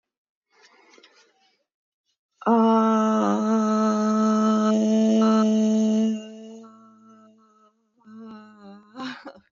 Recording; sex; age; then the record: vowel held as long as possible; female; 30 to 39 years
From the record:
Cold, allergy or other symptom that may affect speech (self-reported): no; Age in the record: 32 years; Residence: Pennsylvania, United States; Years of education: 14